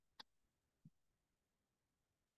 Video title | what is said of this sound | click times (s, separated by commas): Online Class: Czech Crystal Earrings Party with @daniellewickesjewelry- Michaels | and if you can hear, it's a little inaudible. But if you can hear that little click | 0.2 s